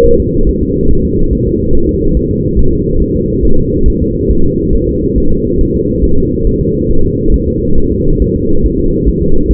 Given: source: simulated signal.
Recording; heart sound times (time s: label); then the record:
fetal heart sounds
0.06 s: S1
0.20 s: S2
0.49 s: S1
0.63 s: S2
0.91 s: S1
1.05 s: S2
1.33 s: S1
1.47 s: S2
1.75 s: S1
1.89 s: S2
2.17 s: S1
2.31 s: S2
2.59 s: S1
2.73 s: S2
3.02 s: S1
3.16 s: S2
3.45 s: S1
3.59 s: S2
3.88 s: S1
4.02 s: S2
4.31 s: S1
4.45 s: S2
4.75 s: S1
4.89 s: S2
5.18 s: S1
5.32 s: S2
5.61 s: S1
5.75 s: S2
6.04 s: S1
6.18 s: S2
6.47 s: S1
6.61 s: S2
6.91 s: S1
7.05 s: S2
7.34 s: S1
7.48 s: S2
7.78 s: S1
7.92 s: S2
8.22 s: S1
8.36 s: S2
8.66 s: S1
8.80 s: S2
9.08 s: S1
9.22 s: S2
9.51 s: S1
From the record:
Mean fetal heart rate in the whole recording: 140 bpm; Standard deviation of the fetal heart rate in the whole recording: 2 bpm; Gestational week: 34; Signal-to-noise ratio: -19.1 dB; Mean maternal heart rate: 72 bpm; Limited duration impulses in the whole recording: present